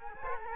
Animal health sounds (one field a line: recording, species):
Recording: mosquito wingbeat signal from an infrared sensor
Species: Culex quinquefasciatus